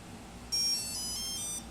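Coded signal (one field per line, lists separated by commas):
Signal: beep code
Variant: brushless ESC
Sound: a quick rising musical jingle of about five electronic notes after brief quiet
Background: room hum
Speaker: Now after that sound, you should get a musical tone now.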